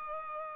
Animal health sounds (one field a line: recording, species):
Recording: mosquito wingbeat signal from an infrared sensor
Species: Culex pipiens